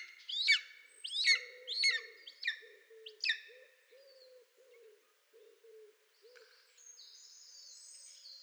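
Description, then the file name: Golden eagle giving about five sharp, downslurred yelps, with low soft cooing from another bird underneath that continues after them, and faint high chirps near the end. "Golden Eagle - Aquila chrysaetos"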